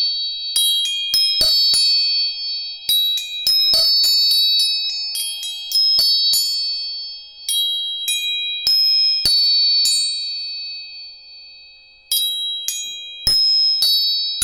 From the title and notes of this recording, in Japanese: 音叉チューニング全体性。